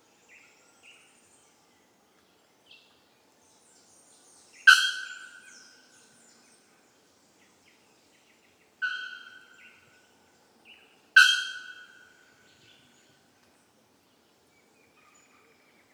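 Birds call in a quiet tropical forest, with three loud, sharp bright calls near 5, 9 and 11 seconds amid faint chirps.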